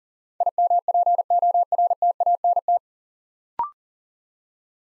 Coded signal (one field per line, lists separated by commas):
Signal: Morse code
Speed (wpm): 40 wpm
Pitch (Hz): 700 Hz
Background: none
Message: IMPORTANT